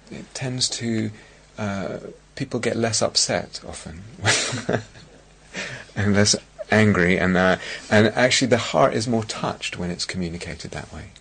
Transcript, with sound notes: It tends to -- people get less upset, often. [laughs] And less angry. And actually the heart is more touched when it's communicated that way.